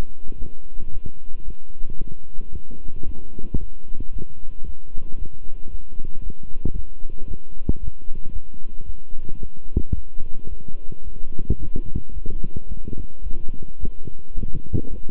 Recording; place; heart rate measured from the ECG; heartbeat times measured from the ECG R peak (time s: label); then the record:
heart sounds by stethoscope; between the tricuspid and mitral areas; 112 bpm
0.36 s: heartbeat
0.90 s: heartbeat
1.43 s: heartbeat
1.97 s: heartbeat
2.50 s: heartbeat
3.04 s: heartbeat
3.58 s: heartbeat
4.11 s: heartbeat
4.64 s: heartbeat
5.16 s: heartbeat
5.69 s: heartbeat
6.21 s: heartbeat
6.73 s: heartbeat
7.26 s: heartbeat
7.78 s: heartbeat
8.31 s: heartbeat
8.84 s: heartbeat
9.38 s: heartbeat
9.93 s: heartbeat
10.47 s: heartbeat
11.02 s: heartbeat
11.57 s: heartbeat
12.12 s: heartbeat
12.66 s: heartbeat
13.22 s: heartbeat
13.78 s: heartbeat
14.34 s: heartbeat
14.88 s: heartbeat
From the record:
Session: walking at 3.7 km/h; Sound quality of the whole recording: good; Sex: male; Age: 26 years